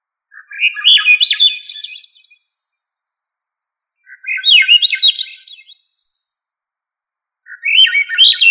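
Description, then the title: Thrush singing: warbled phrases of looping whistled notes, each under two seconds, repeated at intervals of about three and a half seconds, with nothing else audible. "Familia Turdidae - Sabia"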